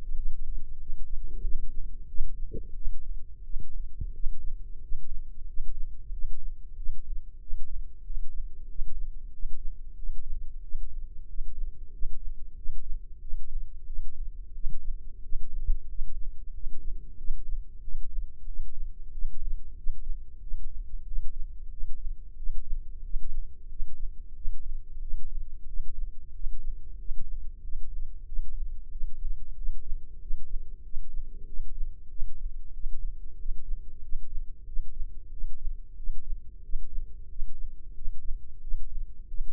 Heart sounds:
heart sounds by microphone in the right ear; 92 bpm
0.14 s: heartbeat
0.77 s: heartbeat
1.41 s: heartbeat
2.06 s: heartbeat
2.73 s: heartbeat
3.42 s: heartbeat
4.12 s: heartbeat
4.79 s: heartbeat
5.45 s: heartbeat
6.10 s: heartbeat
6.74 s: heartbeat
7.38 s: heartbeat
8.02 s: heartbeat
8.66 s: heartbeat
9.30 s: heartbeat
9.94 s: heartbeat
10.60 s: heartbeat
11.25 s: heartbeat
11.90 s: heartbeat
12.54 s: heartbeat
13.19 s: heartbeat
13.84 s: heartbeat
14.52 s: heartbeat
15.20 s: heartbeat
15.86 s: heartbeat
16.51 s: heartbeat
17.16 s: heartbeat
17.80 s: heartbeat
18.44 s: heartbeat
19.10 s: heartbeat
19.74 s: heartbeat
20.39 s: heartbeat
21.03 s: heartbeat
21.69 s: heartbeat
22.34 s: heartbeat
23.01 s: heartbeat
23.67 s: heartbeat
24.33 s: heartbeat
24.99 s: heartbeat
25.65 s: heartbeat
26.31 s: heartbeat
26.96 s: heartbeat
27.60 s: heartbeat
28.24 s: heartbeat
28.89 s: heartbeat
29.54 s: heartbeat
30.18 s: heartbeat
30.81 s: heartbeat
31.44 s: heartbeat
32.08 s: heartbeat
32.71 s: heartbeat
33.36 s: heartbeat
34.00 s: heartbeat
34.64 s: heartbeat
35.29 s: heartbeat
35.94 s: heartbeat
36.60 s: heartbeat
37.27 s: heartbeat
37.93 s: heartbeat
38.59 s: heartbeat
39.26 s: heartbeat
From the record:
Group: healthy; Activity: rest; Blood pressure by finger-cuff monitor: 92/68 mmHg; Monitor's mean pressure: 76 mmHg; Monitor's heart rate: 92 bpm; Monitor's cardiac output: 7.2 L/min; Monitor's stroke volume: 78 mL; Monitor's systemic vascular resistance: 760 dyn s/cm5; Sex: male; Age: 19 years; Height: 178 cm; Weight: 83 kg

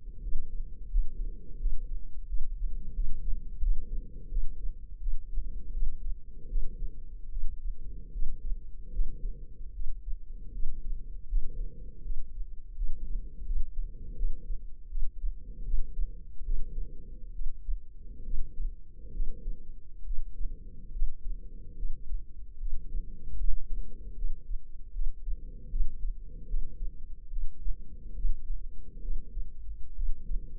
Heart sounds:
heart sounds by microphone in the left ear; 77 bpm
0.22 s: heartbeat
0.90 s: heartbeat
1.58 s: heartbeat
2.27 s: heartbeat
2.94 s: heartbeat
3.61 s: heartbeat
4.29 s: heartbeat
4.99 s: heartbeat
5.72 s: heartbeat
6.48 s: heartbeat
7.29 s: heartbeat
8.12 s: heartbeat
8.91 s: heartbeat
9.72 s: heartbeat
10.52 s: heartbeat
11.28 s: heartbeat
12.02 s: heartbeat
12.75 s: heartbeat
13.45 s: heartbeat
14.15 s: heartbeat
14.87 s: heartbeat
15.63 s: heartbeat
16.43 s: heartbeat
17.31 s: heartbeat
18.23 s: heartbeat
19.12 s: heartbeat
20.03 s: heartbeat
20.91 s: heartbeat
21.75 s: heartbeat
22.58 s: heartbeat
23.38 s: heartbeat
24.14 s: heartbeat
24.91 s: heartbeat
25.69 s: heartbeat
26.46 s: heartbeat
27.28 s: heartbeat
28.14 s: heartbeat
29.00 s: heartbeat
29.93 s: heartbeat
From the record:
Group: healthy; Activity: rest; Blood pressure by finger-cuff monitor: 106/73 mmHg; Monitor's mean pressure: 84 mmHg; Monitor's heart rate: 78 bpm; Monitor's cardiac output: 5.4 L/min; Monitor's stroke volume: 72 mL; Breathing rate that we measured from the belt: 24 breaths a minute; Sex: female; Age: 32 years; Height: 172 cm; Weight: 71.7 kg

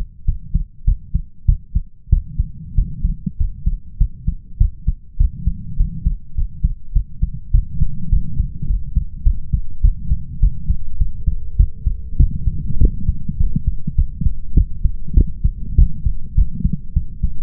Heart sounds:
heart sounds by stethoscope; 101 bpm
0.25 s: heartbeat
0.84 s: heartbeat
1.45 s: heartbeat
2.09 s: heartbeat
2.74 s: heartbeat
3.37 s: heartbeat
3.97 s: heartbeat
4.57 s: heartbeat
5.17 s: heartbeat
5.76 s: heartbeat
6.34 s: heartbeat
6.92 s: heartbeat
7.51 s: heartbeat
8.09 s: heartbeat
8.66 s: heartbeat
9.23 s: heartbeat
9.81 s: heartbeat
10.39 s: heartbeat
10.97 s: heartbeat
11.56 s: heartbeat
12.16 s: heartbeat
12.78 s: heartbeat
13.37 s: heartbeat
13.95 s: heartbeat
14.54 s: heartbeat
15.14 s: heartbeat
15.75 s: heartbeat
16.35 s: heartbeat
16.93 s: heartbeat
From the record:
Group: healthy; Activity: rest 0-11 s, light exercise 11-18 s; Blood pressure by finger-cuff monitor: 124/86 mmHg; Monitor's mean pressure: 98 mmHg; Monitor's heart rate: 101 bpm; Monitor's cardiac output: 7.1 L/min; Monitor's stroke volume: 70 mL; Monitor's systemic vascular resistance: 1030 dyn s/cm5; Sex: male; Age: 21 years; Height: 180 cm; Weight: 67.5 kg

